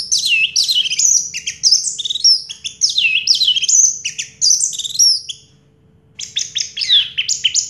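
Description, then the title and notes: Orange-headed thrush song: loud, continuous tumbling stream of high sweeping whistles and chatter, brief silence near six seconds, then the rapid medley resumes. Song in the teler style, described as having a clear voice; a complete collection of this bird's sounds. "Anis Merah Teler Suara Jernih. kumpulan suara anis merah lengkap"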